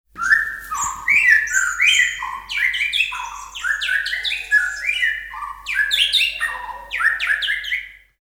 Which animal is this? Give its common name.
White-rumped Shama